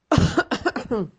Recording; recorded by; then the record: voluntary cough; messaging app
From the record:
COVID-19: negative